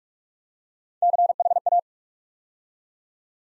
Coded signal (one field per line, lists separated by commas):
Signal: Morse code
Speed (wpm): 44 wpm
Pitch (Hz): 700 Hz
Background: none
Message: CHA